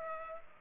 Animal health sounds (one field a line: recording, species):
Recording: mosquito wingbeat signal from an infrared sensor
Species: Culex pipiens